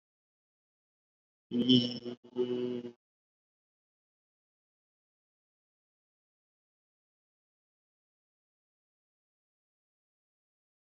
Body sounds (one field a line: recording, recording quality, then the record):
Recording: sustained vowel as in beet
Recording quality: excellent, no background noise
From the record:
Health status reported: COVID-19 positive, no symptoms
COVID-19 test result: positive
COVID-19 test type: RT-PCR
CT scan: not taken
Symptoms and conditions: hypertension, diabetes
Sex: male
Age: 46 years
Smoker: yes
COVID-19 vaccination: both doses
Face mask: worn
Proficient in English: no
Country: India